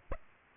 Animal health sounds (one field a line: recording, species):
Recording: mosquito wingbeat signal from an infrared sensor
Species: Aedes aegypti